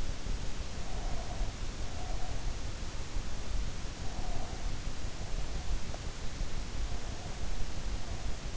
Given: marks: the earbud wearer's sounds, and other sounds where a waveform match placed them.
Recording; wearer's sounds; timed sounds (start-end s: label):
sounds in sleep by an in-ear microphone; breath
0.71-2.46 s: breath
3.99-5.84 s: breath
7.04-8.57 s: breath